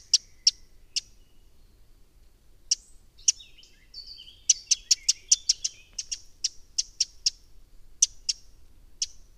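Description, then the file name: Eurasian wren calling with sharp, high ticks, sparse at first, then a fast steady run of ticks, with a few softer chirps mixed in. "Troglodytes troglodytes"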